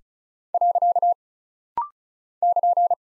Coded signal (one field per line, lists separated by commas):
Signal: Morse code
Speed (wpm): 36 wpm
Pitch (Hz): 700 Hz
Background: none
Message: . <KN>